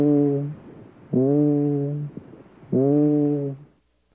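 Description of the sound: Egophony: three sustained vocal sounds of about half a second to one second each, heard through a stethoscope on the chest while an adult says "e". Each comes through with a nasal, bleating quality and a strong low harmonic band, separated by short quiet gaps.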